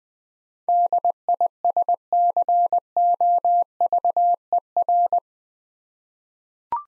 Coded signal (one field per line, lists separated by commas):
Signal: Morse code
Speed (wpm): 20 wpm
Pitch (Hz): 700 Hz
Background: none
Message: DISCOVER